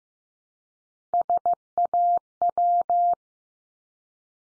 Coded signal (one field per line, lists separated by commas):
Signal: Morse code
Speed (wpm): 15 wpm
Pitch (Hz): 700 Hz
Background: none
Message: SAW